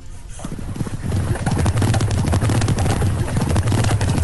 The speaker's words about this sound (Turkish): Tamam. Atlar öte yana doğru gitmişken.